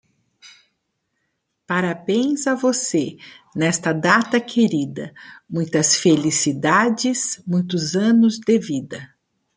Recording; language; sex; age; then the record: short text; Brazilian Portuguese; female; 50 to 59 years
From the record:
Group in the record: control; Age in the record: 58 years